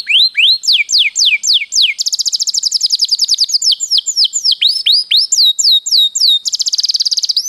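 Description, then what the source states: Canary singing loud, varied phrases: repeated downward-sliding whistles alternate with fast buzzy trills, the sections switching every second or two. For training.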